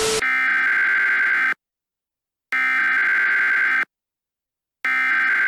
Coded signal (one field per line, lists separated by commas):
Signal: Emergency Alert System (SAME) tones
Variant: header bursts